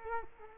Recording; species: mosquito wingbeat signal from an infrared sensor; Culex quinquefasciatus